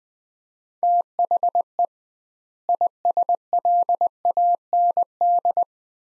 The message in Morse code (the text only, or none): THE ISLAND